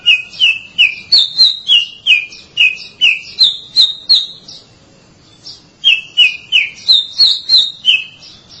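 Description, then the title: Oriental magpie-robin singing a fast series of short, sharp whistled notes, about three a second, mixing lower and higher pitches, with a brief pause before the run resumes. "Suara Kicauan Burung Kacer"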